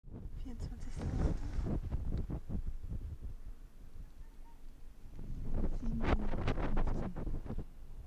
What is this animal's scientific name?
Vulpes lagopus